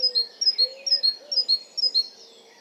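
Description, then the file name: Great tit song: a high two-note phrase, the first note higher and the second lower, repeated quickly several times, over a faint low tone. "Parus major"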